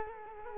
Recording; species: mosquito wingbeat signal from an infrared sensor; Culex quinquefasciatus